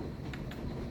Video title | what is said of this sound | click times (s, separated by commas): Dell Inspiron 1520 TearDown And cleaning | Wi-Fi card pops in, snaps into place, and | 0.3 s, 0.5 s